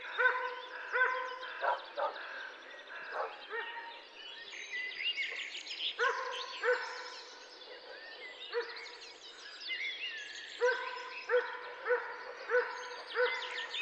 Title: 147 Route de la Tuilerie, Massignieu-de-Rives, France - chien en laisse au loin et oiseaux de printemps.